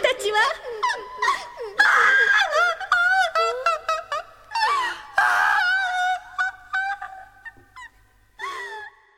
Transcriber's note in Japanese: 泣く